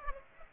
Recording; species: mosquito wingbeat signal from an infrared sensor; Aedes aegypti